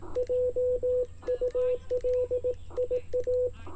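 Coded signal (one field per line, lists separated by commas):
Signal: Morse code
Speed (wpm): 18 wpm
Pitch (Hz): 500 Hz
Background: radio noise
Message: JULIA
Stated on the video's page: 18 WPM CW park activation using an IC-705 with Ashi paddle, homebrew 49:1 inverted-L on a 31 ft pole, battery powered.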